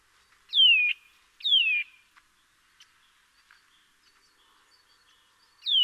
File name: Sitta europaea